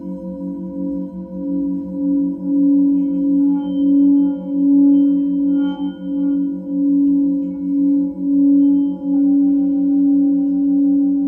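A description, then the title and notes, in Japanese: A Tibetan singing bowl rings in a steady, sustained hum, its low tone gently pulsing and wavering throughout, with faint higher overtones shimmering above. チベットのシンギングボウルの音。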